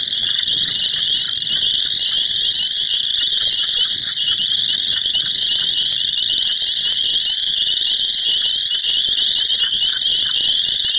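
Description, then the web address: Frogs calling in a dense, continuous chorus: a steady, high, shrill trilling that never pauses. "sesphoto. Frogs"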